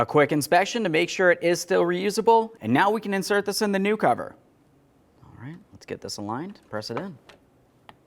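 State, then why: Not seated. A reused plastic retainer clip is lined up and pressed by hand into the new plastic radiator support cover of a 2012–2018 Nissan Altima while someone talks throughout. Near the end, at 7.9 s, there is a faint short tick, but the clip has not seated or clicked into the cover yet.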